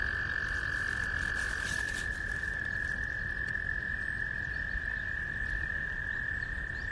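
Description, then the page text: American toad trill, one long steady musical trill held at a single pitch throughout, over low rumbling background noise. Maryland, shared via iNaturalist. "Maryland Biodiversity - American Toad ( Anaxyrus americanus ). American Toad by Bernard Foy via iNaturalist"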